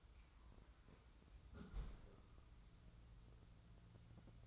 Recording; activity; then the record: daily activity, microphone in the room; close fridge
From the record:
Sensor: 3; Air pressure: 994.4 hPa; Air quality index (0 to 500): 208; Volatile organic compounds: 1000 ppm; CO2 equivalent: 6946 ppm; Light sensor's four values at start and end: 190/456/192/191 and 189/456/192/191